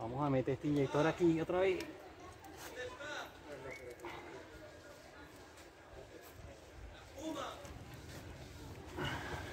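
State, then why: Not seated. A fuel injector with its rubber seals is pushed back by hand into its bore in the intake of a Yamaha 150 hp four-stroke outboard engine. Someone talks at the start, followed by quiet handling noises and a short knock at 4.0 s. The clip ends before the injector goes home, so nothing has seated yet.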